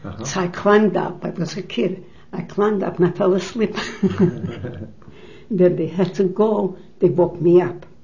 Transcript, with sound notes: So I climbed up, I was a kid. I climbed up, and I fell asleep. ( they laugh ) When they had to go, they woke me up.